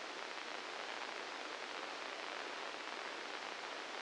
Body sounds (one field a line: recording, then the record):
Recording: brain microelectrode recording played as sound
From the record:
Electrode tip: inside the subthalamic nucleus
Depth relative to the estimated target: 1 mm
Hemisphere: left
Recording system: NeuroSet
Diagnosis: Parkinson's disease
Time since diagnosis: 9 years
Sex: male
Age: 61 years